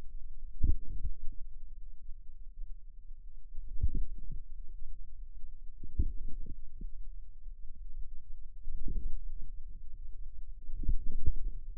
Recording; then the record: forearm muscle sounds (acoustic myography)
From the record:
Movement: inward rotation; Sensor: system 2, bracelet of six BSWA MPA416 microphones around the upper forearm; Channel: 6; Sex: female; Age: 23 years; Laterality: right